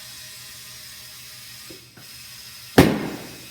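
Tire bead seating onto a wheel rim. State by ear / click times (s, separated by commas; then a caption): seated / 2.8 s. With the valve core removed so it airs up fast, a tire is inflated and its rubber bead expands against a metal wheel rim. A steady broadband hiss runs through the clip, with faint small knocks near 1.7 s and 2.0 s, then a sharp, loud pop at 2.8 s that rings out and decays over about half a second. The bead snaps into place and is seated on the rim.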